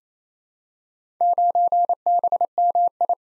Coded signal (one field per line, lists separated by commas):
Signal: Morse code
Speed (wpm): 28 wpm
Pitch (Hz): 700 Hz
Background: none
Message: 9BMI